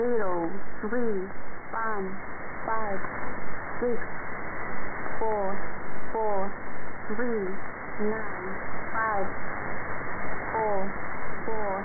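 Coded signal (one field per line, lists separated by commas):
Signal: numbers station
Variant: E17z, English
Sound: voice reading single digits evenly, about one per second, over narrow radio audio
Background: radio static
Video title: [E17z] Scheduled message; 18. June 2020, 8:00 UTC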